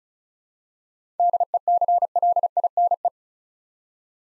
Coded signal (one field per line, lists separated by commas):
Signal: Morse code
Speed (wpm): 36 wpm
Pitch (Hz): 700 Hz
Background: none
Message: DECLINE